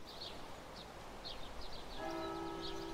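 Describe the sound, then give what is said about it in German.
A monastery church bell strikes once for the quarter hour about two seconds in, its deep tone ringing on steadily, while small birds chirp in quick high bursts over a soft background hiss. “Seit ich hier bin, fällt mir wieder der Glockenschlag bei jeder Viertelstunde auf.”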